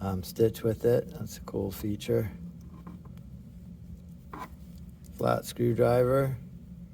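Someone talks while handling a steel Leatherman Signal multitool, opening the flat screwdriver out of its handle, with a few faint handling ticks in the pause between the speech. The screwdriver's lock has not engaged yet; nothing has seated or clicked.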